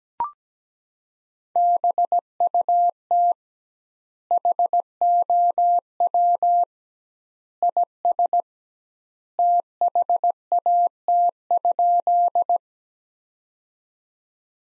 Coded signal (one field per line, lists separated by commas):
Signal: Morse code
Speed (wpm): 17 wpm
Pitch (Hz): 700 Hz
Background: none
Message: BUT HOW IS THAT?